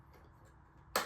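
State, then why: Seated. A matching plastic missile pod is pressed onto the other wing of a toy helicopter. After near-silence, a single sharp, bright snap sounds at 1.0 s as the second pod snaps home and is seated.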